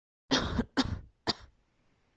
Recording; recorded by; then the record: voluntary cough; messaging app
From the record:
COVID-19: negative